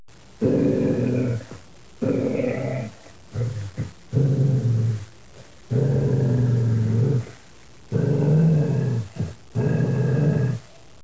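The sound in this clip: Dog growling in long, low, harmonic rumbles separated by short silent pauses.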